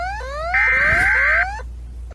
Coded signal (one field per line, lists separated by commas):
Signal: Emergency Alert System (SAME) tones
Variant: header bursts